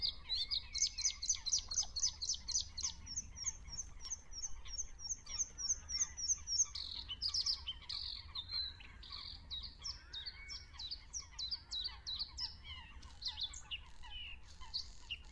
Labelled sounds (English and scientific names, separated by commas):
Bluethroat (Luscinia svecica) song